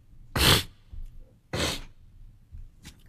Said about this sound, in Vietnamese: Này tôi vẫn hơi sụt sịt, anh em thông cảm nhé.